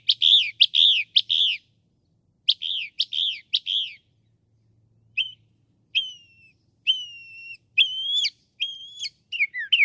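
Northern mockingbird song: bursts of sharp, chirpy notes, then a series of clear whistled notes.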